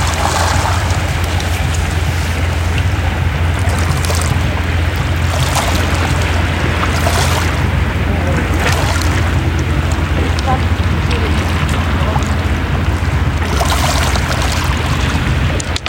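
A beach soundscape: water washes and trickles steadily and densely throughout, over a constant low droning rumble like a boat engine. Brighter splashing surges rise briefly about every few seconds, notably near 1, 5, 7 and 13 seconds.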